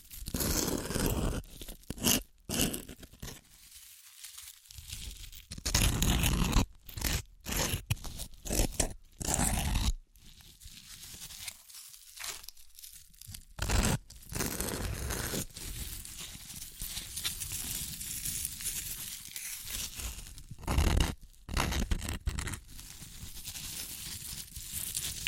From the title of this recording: Chips Crunchy Crushing & Eating Sounds